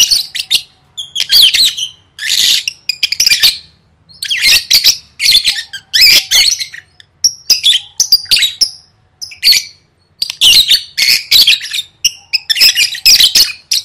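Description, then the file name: Lovebird chattering: a busy run of harsh squawks and shrill chirps, repeated in uneven bursts with short quiet breaks. "tieng vet mau don"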